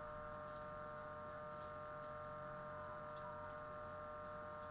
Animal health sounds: poultry house recording; no chicken sound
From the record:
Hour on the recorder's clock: 21

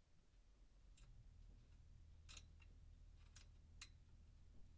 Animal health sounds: poultry house recording; no chicken sound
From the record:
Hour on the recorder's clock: 0

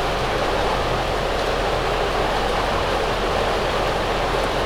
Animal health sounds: poultry house recording; no chicken sound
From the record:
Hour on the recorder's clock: 8

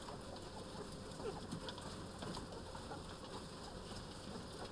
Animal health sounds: poultry house recording; healthy chickens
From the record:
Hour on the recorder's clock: 13

